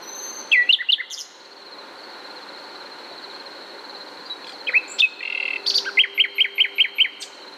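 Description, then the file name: Common nightingale song: a short burst of whistled notes, a pause, then a phrase of slurred whistles followed by six evenly repeated notes; a thin high hum persists. "Luscinia megarhynchos"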